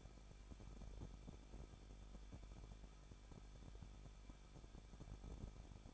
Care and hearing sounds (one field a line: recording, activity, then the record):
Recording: daily activity, microphone in the room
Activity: no activity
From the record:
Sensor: 5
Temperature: 20.9 degrees Celsius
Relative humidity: 38.2%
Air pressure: 1006.4 hPa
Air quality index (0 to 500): 188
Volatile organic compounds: 19 ppm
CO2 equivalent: 2640 ppm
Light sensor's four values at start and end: 2/3/1/1 and 2/3/1/1